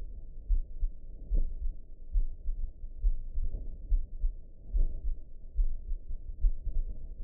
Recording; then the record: heart sounds by optical stethoscope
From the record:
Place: aortic valve (AV)